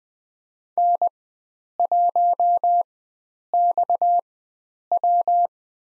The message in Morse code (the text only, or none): N1XW